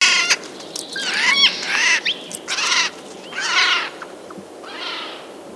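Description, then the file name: Eurasian jay calls: several loud, harsh, noisy bursts mixed with short squeaky notes, in an irregular sequence. "Garrulus glandarius"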